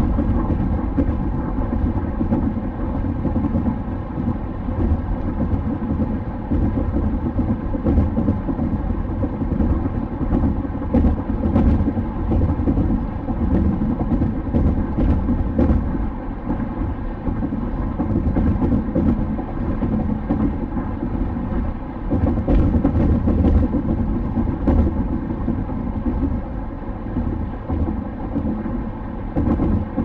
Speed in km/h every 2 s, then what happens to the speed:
106, 107, 107, 107, 107, 106, 107, 107, 107, 107, 107, 106, 106, 107, 107.
0-30 steady at about 107.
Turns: none.